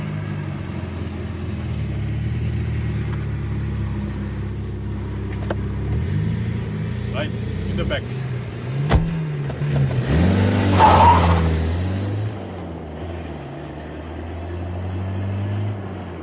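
A car drives up, its engine rumbling steadily with a low, throaty drone, then revving, its pitch sweeping upward before settling back into a deep idle. No voices are heard.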